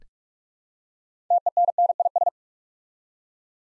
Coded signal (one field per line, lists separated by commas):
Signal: Morse code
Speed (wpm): 44 wpm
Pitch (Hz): 700 Hz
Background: none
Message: TENNIS